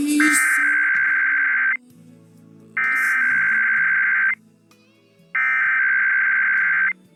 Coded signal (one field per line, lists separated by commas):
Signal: Emergency Alert System (SAME) tones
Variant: header bursts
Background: speech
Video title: Usual Monday Time Zone IPAWS Weeklies (EAS #16770-16777) 3/11/24